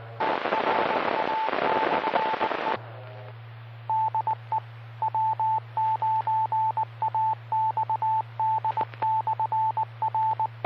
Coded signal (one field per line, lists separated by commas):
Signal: Morse code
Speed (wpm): 19 wpm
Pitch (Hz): 880 Hz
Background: radio noise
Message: TRA/E DE W9AXD/R